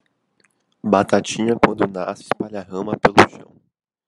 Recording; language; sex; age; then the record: short text; Brazilian Portuguese; male; 20 to 29 years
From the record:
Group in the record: control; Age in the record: 21 years